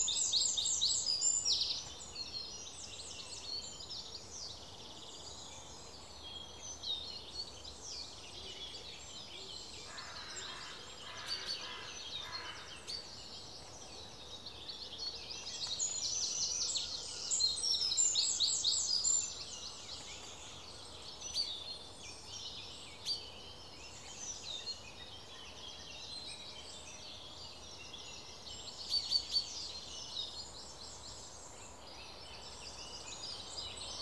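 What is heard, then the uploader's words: Suburban birdsong chatters steadily in high, bright bursts over a low outdoor hum, with a brief lower call near ten seconds. Northumberland Park. Suburban birdsong.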